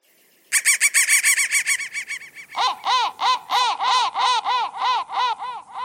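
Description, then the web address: Crow giving fast, harsh caws, a shrill hurried series at first, then lower, fuller caws in rapid succession. "soundfactory crow"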